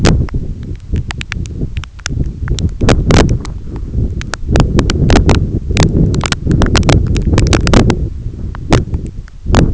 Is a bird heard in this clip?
no